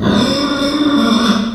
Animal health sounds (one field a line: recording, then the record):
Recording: squeal of a Yucatan mini pig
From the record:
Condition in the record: after surgery on the right vocal fold (resection and tissue-engineered implant)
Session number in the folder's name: 13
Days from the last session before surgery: 113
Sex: female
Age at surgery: 19 weeks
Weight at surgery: 25 kg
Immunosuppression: prednisolone